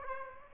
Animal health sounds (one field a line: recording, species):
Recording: mosquito wingbeat signal from an infrared sensor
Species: Aedes aegypti